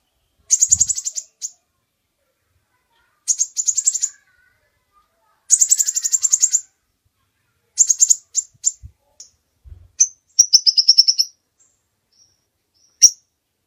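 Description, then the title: Bird producing dense, high, buzzy trill phrases about a second long, spaced by pauses, with a few low thuds heard as well. Master recording for training songbirds. "Master Burung Jos"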